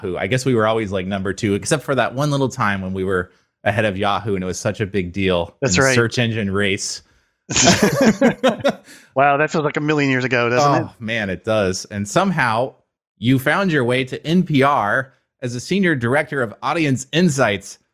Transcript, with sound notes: I guess we were always number two, except for that one little time when we were ahead of Yahoo, and it was such a big deal-
That’s right.
-in the search engine race.. [laugh]
Wow, that feels like a million years ago, doesn’t it?
Oh man, it does. And somehow, you found your way to NPR as a Senior Director of Audience Insights.